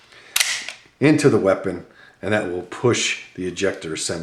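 An empty magazine is pushed into the grip of a reassembled Ruger P95 9mm pistol to reset the ejector, seating with a sharp metallic click at 0.4 s. Someone talks through the rest of the clip.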